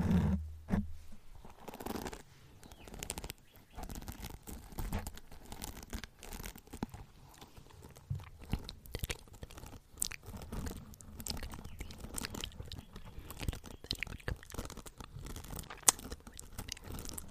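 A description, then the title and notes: Wet mouth sounds crackle almost without pause, a dense run of sharp clicks and smacks with a crunchy, crinkly texture. Brief low thumps come at the very start and around the two-second mark, and the level rises and dips unevenly throughout. There are quite a bit of mouth sounds, and I also added in random triggers I’ve been wanting to try out. Mouth Sounds & Tapping.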